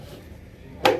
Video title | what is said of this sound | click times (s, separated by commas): Best Underground Downspout Drain for 2023 | the front in. Hear it snap. | 0.9 s